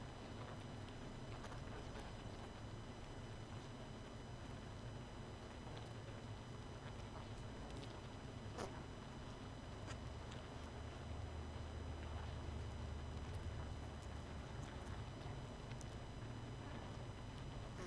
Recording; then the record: honeybee colony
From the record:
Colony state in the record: missing queen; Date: 31 May 2018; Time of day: 23:14